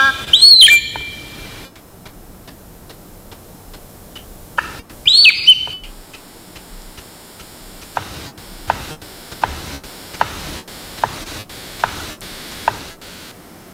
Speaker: And now you're going to get the full dance from another male palm cockatoo using a stick to drum out a beat as it calls and displays all of its beautiful black and red feathers.